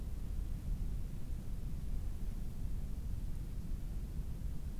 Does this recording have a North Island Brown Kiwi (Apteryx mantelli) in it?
no